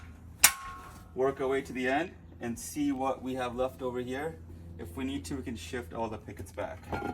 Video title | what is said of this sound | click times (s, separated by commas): GATE ASSEMBLY AND INSTALLATION VIDEO 1 | they just snap right in | 0.4 s